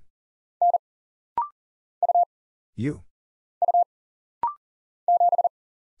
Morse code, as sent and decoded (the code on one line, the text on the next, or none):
-. / ..- / ..- / --...
N U U 7